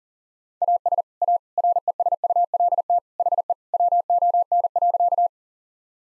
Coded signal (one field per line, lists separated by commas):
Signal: Morse code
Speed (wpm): 40 wpm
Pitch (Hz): 700 Hz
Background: none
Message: AS A RESULT HE WON.